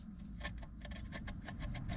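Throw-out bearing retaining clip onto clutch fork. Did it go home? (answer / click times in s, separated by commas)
no / none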